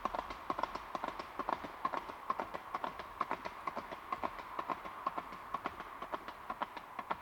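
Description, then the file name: Horse hooves beating in a fast clatter on hard ground, sharp repeated taps throughout, fairly quiet overall. Horse galloping past on asphalt, hooves clattering. "Hevonen Ohi Kaviot Horse Passing By Galloping On Asphalt Hooves Clattering"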